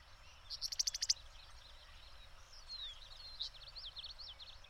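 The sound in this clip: Bird song: a quick burst of several sharp, high chirped notes, then a thin, scratchy warble of faint twittering notes.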